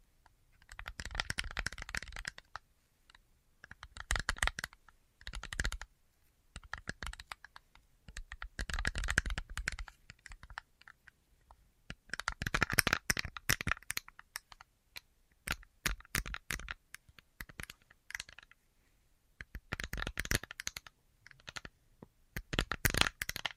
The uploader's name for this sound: Tapping Assortment